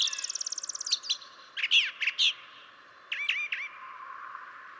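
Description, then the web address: Brown Thrasher song, opening with a rapid rattling trill, then a few loud slurred, chirpy phrases over a low steady background noise. "birdsongforthecurious Brown Thrasher"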